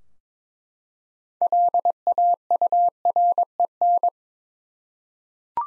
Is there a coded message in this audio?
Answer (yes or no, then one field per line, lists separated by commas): yes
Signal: Morse code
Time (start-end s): 1.4-4.1 s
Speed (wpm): 23 wpm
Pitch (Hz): 700 Hz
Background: none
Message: LAUREN